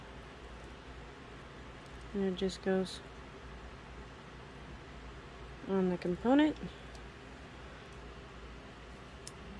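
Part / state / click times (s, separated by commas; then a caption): jewelry piece onto a beading component / seated / 9.3 s. A small jewelry piece is pushed onto a beading component and snaps into place, with a short, sharp click at 9.3 s confirming it is seated. Earlier in the clip someone talks over a steady low background hum.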